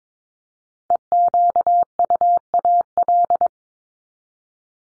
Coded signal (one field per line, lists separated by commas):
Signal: Morse code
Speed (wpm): 22 wpm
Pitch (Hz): 700 Hz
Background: none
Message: EQUAL